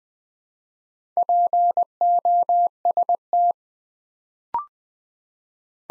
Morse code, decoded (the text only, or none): POST